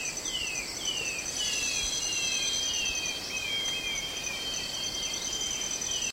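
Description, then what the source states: Short-tailed babbler song: a run of clear whistled notes, each sliding downward, about two per second, over a constant high buzz of insects. Recorded 1 April 2007.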